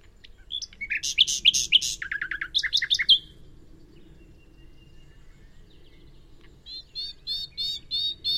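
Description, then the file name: Common nightingale song: a rich phrase of rapid repeated chirps and trilled notes for about three seconds, a pause, then a new series of sharp repeated notes. "Luscinia megarhynchos"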